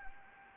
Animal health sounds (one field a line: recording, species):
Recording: mosquito wingbeat signal from an infrared sensor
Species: Anopheles gambiae